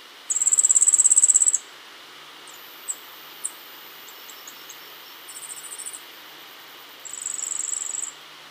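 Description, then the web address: Yellow-faced grassquit giving a thin, very high buzzy trill lasting over a second, then scattered sharp ticks and two shorter buzzy trills, over steady background hiss. Ecuador. "Birds of Ecuador. Yellow-faced Grassquit"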